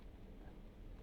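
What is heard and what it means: A plastic wiring harness connector for a piggyback tune module is pushed by hand, working blind behind the headlight, onto its mating engine sensor plug. There is a low, steady background rumble with only a brief sharp sound at the very end, around 1.1 s. No click is heard and nothing has seated: the connector fails to click in.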